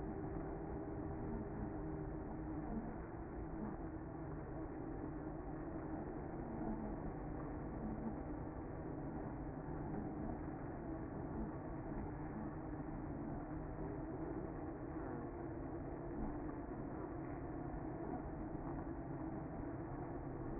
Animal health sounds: honeybee colony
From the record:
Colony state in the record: active

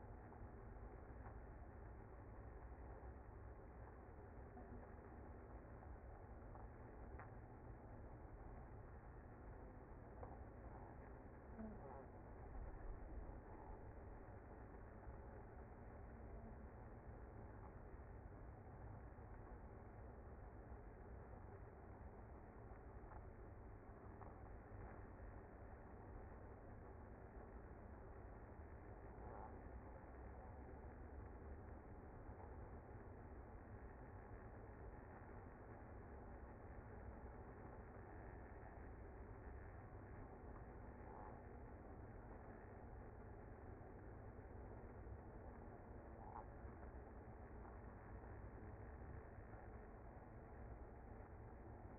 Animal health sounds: honeybee colony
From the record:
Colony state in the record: active

